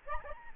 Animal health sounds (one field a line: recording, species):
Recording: mosquito wingbeat signal from an infrared sensor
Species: Aedes albopictus